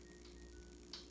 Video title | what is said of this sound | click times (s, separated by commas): Slash 4x4: Upgrade #7 - High Speed Pinion | the connectors back in play here a little click and we can just push all that back in | 0.9 s